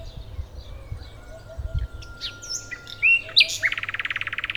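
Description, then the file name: Common nightingale song: varied chirps, a long pure whistle, quick upslurred notes, then a fast even series of repeated notes to the end; low background rumble. "Luscinia megarhynchos"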